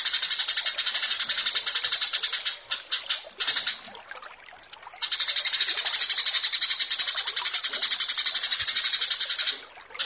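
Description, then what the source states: Horsfield's bush lark song, rapid high pulsed chattering at roughly four notes a second, broken by a patchy pause in the middle before resuming strongly. Branjangan song paired with 'burger' as a tutor recording for kept songbirds.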